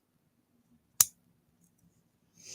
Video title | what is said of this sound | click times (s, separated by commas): 6pm est Sterling Silver Jewelry Auction Hip Flippin Mamma 5/16/23 | And I'm going, when I shut it, you will be able to hear it click. | 1.0 s